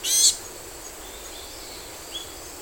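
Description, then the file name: Varied tit call: one short, harsh, high note at the start, then near silence with a faint thin note later over a light background hiss. "yamagara"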